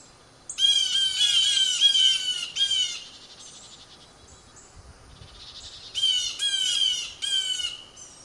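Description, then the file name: Blue jay delivering a rapid series of harsh, nasal jeers, then a quiet gap with faint softer notes before another burst of scolding calls. "blue jay example 2 by russ wigh"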